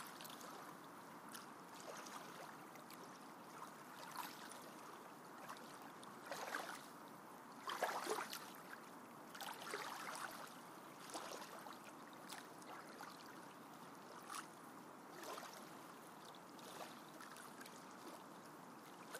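Steady lake water laps and trickles, with frequent soft splashes and a louder cluster of sloshing around eight seconds.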